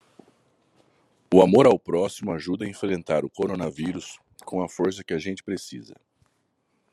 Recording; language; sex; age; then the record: spoken sentence; Brazilian Portuguese; male; 30 to 39 years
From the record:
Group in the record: control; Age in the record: 31 years